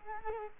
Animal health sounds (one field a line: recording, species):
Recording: mosquito wingbeat signal from an infrared sensor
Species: Culex quinquefasciatus